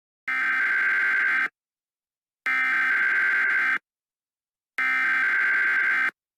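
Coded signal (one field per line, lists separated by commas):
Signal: Emergency Alert System (SAME) tones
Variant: header bursts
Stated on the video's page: Fictional EAS scenario made for Halloween, not a real alert.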